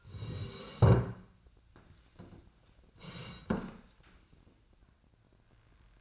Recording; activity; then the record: daily activity, microphone in the room; sit down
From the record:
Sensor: 2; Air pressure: 1012.2 hPa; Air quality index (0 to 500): 165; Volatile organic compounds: 2 ppm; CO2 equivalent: 1204 ppm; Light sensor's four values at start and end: 88/193/91/114 and 52/128/56/64